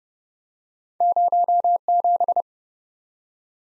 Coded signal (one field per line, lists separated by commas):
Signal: Morse code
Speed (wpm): 30 wpm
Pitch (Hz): 700 Hz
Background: none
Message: 07